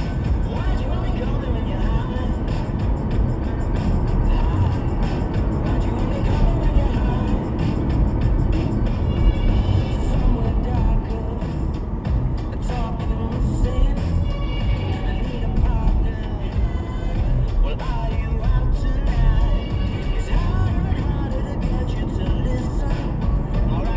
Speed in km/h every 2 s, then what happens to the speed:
81, 87, 90, 84, 76, 71, 66, 64, 66, 69, 74, 77.
0-2 speeds up to 87. 5-13 slows to 64. 13-24 speeds up to 77.